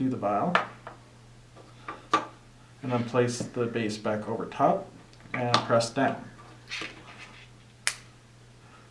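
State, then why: Seated. Someone talks while the base of a TruArc compass is placed back over the greased replacement vial and pressed down into the compass housing. A sharp, very short click at 7.9 s marks the vial base snapping into the housing, and it is seated.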